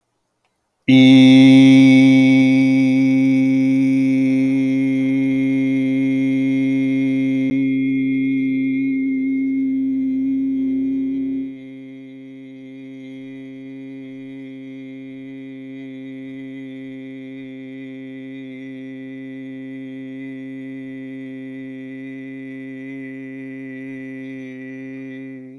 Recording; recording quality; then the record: sustained vowel as in beet; excellent, no background noise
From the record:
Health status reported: healthy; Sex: male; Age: 54 years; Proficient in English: yes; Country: India